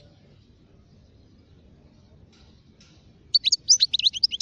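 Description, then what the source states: European goldfinch song: quiet at first, then a short burst of quick, high, tinkling twitters near the end. Wild birds, from a collection.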